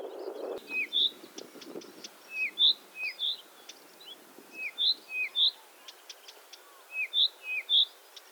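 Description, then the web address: Blyth's reed warbler song: short falling whistled notes paired with higher notes and sharp clicks, the pattern repeated several times with brief pauses. "Struikrietzanger. graszanger acrocephalus dumetorum"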